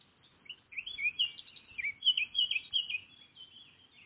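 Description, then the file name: Eurasian blackcap song: a dense, rapid warbling phrase mixing scratchy and fluty notes, lasting about three seconds over light background noise. "Sylvia atricapilla"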